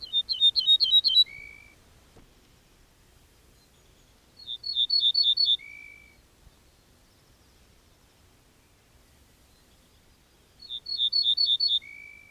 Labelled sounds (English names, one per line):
Ortolan Bunting song